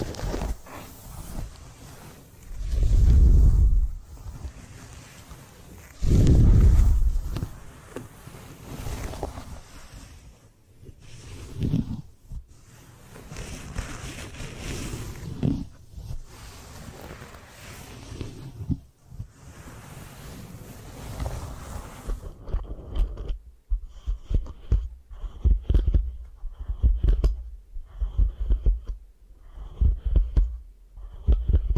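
Hair washing and massage sounds: heavy low rubbing swells around three and six seconds, followed by softer scratchy brushing strokes through the middle. After about twenty-two seconds the sound thins to quiet, irregular soft thumps with a faint steady high tone.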